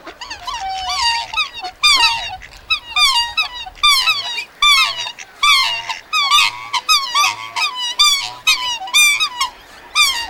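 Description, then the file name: Waterfowl calling, loud nasal honks and squeaky yelps in a dense, restless series. "Waterfowl Freejazz Attack"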